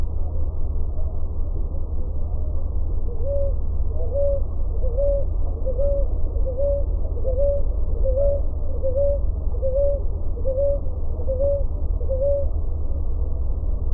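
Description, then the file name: Ruddy ground dove cooing, about a dozen short mellow notes with a slight upward lift, delivered at an even pace of a little more than one per second, low background rumble throughout. "POMBINHA ROXA canto"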